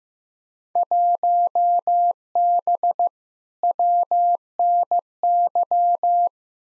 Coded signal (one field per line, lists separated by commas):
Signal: Morse code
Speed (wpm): 15 wpm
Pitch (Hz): 700 Hz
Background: none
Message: 1B WNY